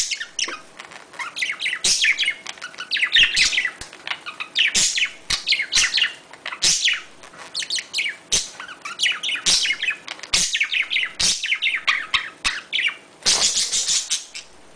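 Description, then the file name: Budgerigar warbling chatter, a dense run of squeaky chirps, clicks and trills, ending in a louder harsh burst near the close. "Budgie Sounds"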